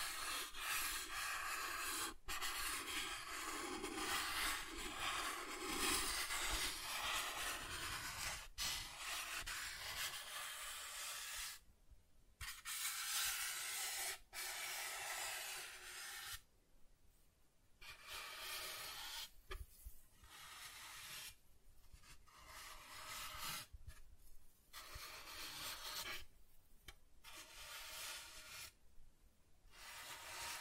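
Soft tracing over smooth and rough surfaces makes continuous airy rubbing, steady for ten seconds, then broken into strokes separated by brief silent pauses.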